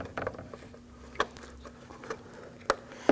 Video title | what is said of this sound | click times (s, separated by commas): How to Replace Parking Assist Sensors 2010-2019 Ford Taurus | You're going to feel it and hear it click into place. | 2.7 s